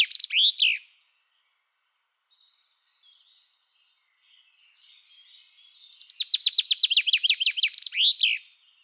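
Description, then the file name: Common chaffinch song: a brief chirped ending at the start, then after a quiet gap a fast series of descending trill notes ending in a flourish. "Pinson des arbres Chant"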